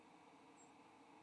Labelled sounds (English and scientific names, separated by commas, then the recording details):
White-throated Sparrow (Zonotrichia albicollis) flight call
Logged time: 05:16 on 29 November 2014